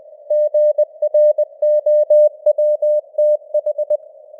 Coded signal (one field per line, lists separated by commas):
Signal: Morse code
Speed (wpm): 20 wpm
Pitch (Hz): 600 Hz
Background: none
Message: GROWTH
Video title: Morse Code News | 2025-11-01 | 20wpm